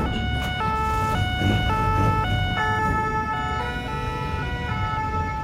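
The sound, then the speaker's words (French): Sirens of dozens of fire trucks and gendarmerie cars converging on a village wail together in a loud, steady two-tone alternation, their high and low pitches switching roughly every half second over a dense rumble of traffic. “Le calme qui règne habituellement est remplacé par le hurlement des sirènes de dizaines de camions de pompiers et de voitures de gendarmes qui convergent.”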